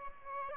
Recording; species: mosquito wingbeat signal from an infrared sensor; Aedes albopictus